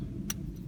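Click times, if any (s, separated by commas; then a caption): 0.3 s. A locking clamp is pushed down through the second window of a multi-pin plug housing while the wire is pulled, releasing the crimped pin from the car's wiring connector. Over a low, steady rumble, a short sharp click at 0.3 s marks the pin coming free, and the pin is out.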